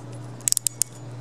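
The metal ratchet at the end of a micrometer thimble on the spindle is turned so it slips, giving five sharp, bright clicks at about 0.5, 0.5, 0.6, 0.7 and 0.8 seconds over a steady low hum. The ratchet slipping confirms the set clamping torque; one to three clicks clamp the work consistently.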